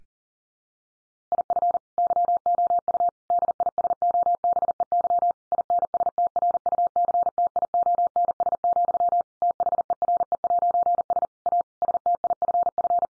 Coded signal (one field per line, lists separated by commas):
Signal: Morse code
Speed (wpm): 40 wpm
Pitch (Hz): 700 Hz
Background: none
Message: IF YOU DISOBEY INSTRUCTIONS, THERE'S A STIFF